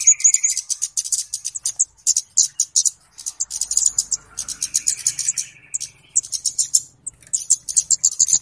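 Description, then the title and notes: Flowerpecker uttering quick high, dry chip notes in repeated bouts, with a short lower buzzy trill at the start and another midway. Calls used as a lure (pikat). "Kicau Burung Kemade ( Cabe Cabean) Jernih. Suara Burung Cabe Cabean Pikat"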